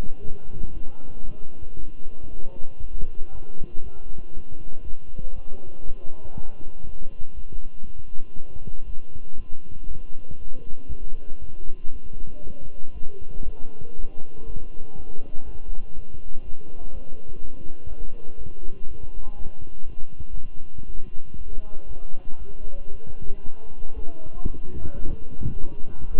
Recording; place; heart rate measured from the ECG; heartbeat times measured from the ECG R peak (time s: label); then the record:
heart sounds by stethoscope; between the tricuspid and mitral areas; 119 bpm
0.22 s: heartbeat
0.73 s: heartbeat
1.25 s: heartbeat
1.77 s: heartbeat
2.29 s: heartbeat
2.80 s: heartbeat
3.31 s: heartbeat
3.82 s: heartbeat
4.33 s: heartbeat
4.83 s: heartbeat
5.34 s: heartbeat
5.85 s: heartbeat
6.35 s: heartbeat
6.85 s: heartbeat
7.35 s: heartbeat
7.85 s: heartbeat
8.36 s: heartbeat
8.85 s: heartbeat
9.36 s: heartbeat
9.87 s: heartbeat
10.38 s: heartbeat
10.89 s: heartbeat
11.40 s: heartbeat
11.91 s: heartbeat
12.43 s: heartbeat
12.93 s: heartbeat
13.44 s: heartbeat
13.95 s: heartbeat
14.46 s: heartbeat
14.96 s: heartbeat
15.45 s: heartbeat
15.95 s: heartbeat
16.44 s: heartbeat
16.93 s: heartbeat
17.40 s: heartbeat
17.88 s: heartbeat
18.37 s: heartbeat
18.87 s: heartbeat
19.36 s: heartbeat
19.86 s: heartbeat
20.35 s: heartbeat
20.86 s: heartbeat
21.37 s: heartbeat
21.87 s: heartbeat
22.38 s: heartbeat
22.91 s: heartbeat
23.43 s: heartbeat
23.95 s: heartbeat
24.46 s: heartbeat
24.98 s: heartbeat
25.50 s: heartbeat
26.01 s: heartbeat
From the record:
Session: walking at 3.7 km/h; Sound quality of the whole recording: good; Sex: male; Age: 23 years